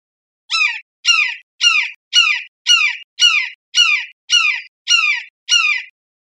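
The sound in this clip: Red-shouldered hawk calling, a series of ten loud, harsh, down-slurred kee-ah notes repeated at a steady pace about twice a second, against a silent background.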